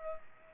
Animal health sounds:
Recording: mosquito wingbeat signal from an infrared sensor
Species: Culex pipiens

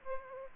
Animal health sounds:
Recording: mosquito wingbeat signal from an infrared sensor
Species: Aedes aegypti

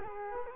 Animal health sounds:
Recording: mosquito wingbeat signal from an infrared sensor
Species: Culex quinquefasciatus

